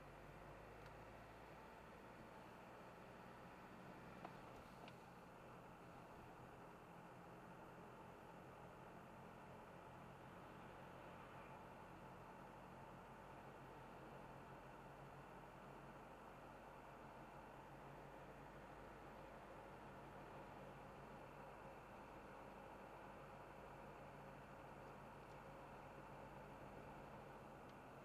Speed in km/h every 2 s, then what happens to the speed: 0, 0, 0, 0, 0, 0, 0, 0, 0, 0, 0, 0, 0, 0.
0-28 standing.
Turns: none.